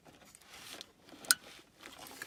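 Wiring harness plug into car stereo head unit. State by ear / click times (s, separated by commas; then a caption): seated / 1.3 s. A wiring harness connector is pushed into the back of an aftermarket head unit (car stereo) in a Nissan Silvia S15. Faint rustling handling noise and a small tick at 0.8 s lead up to a sharp, bright click at 1.3 s. The connector seats fully and is confirmed clicked in.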